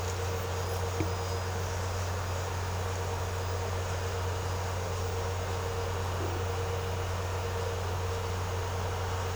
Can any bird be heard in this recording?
no